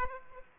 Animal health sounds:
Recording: mosquito wingbeat signal from an infrared sensor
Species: Aedes aegypti

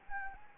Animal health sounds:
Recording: mosquito wingbeat signal from an infrared sensor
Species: Anopheles gambiae

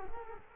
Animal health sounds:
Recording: mosquito wingbeat signal from an infrared sensor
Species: Culex quinquefasciatus

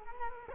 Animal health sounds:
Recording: mosquito wingbeat signal from an infrared sensor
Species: Culex quinquefasciatus

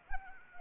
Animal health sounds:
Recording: mosquito wingbeat signal from an infrared sensor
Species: Anopheles arabiensis

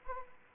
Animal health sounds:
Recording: mosquito wingbeat signal from an infrared sensor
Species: Anopheles arabiensis

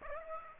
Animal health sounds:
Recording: mosquito wingbeat signal from an infrared sensor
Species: Aedes aegypti

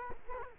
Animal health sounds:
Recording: mosquito wingbeat signal from an infrared sensor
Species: Culex quinquefasciatus

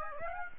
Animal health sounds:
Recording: mosquito wingbeat signal from an infrared sensor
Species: Aedes aegypti

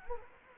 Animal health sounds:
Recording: mosquito wingbeat signal from an infrared sensor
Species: Anopheles gambiae

